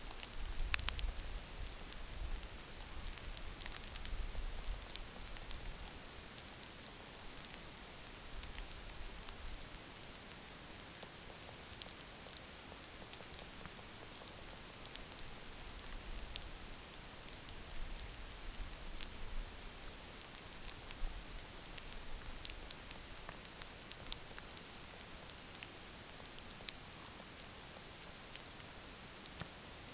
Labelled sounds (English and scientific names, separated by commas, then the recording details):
White-rumped Sandpiper (Calidris fuscicollis), unidentified sound, Canada Goose (Branta canadensis)
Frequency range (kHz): White-rumped Sandpiper (Calidris fuscicollis) 7.0-7.8 kHz; Canada Goose (Branta canadensis) 0.2-1.9 kHz
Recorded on Arctic tundra, site NAIT-1, on 27 June 2019
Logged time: 20:00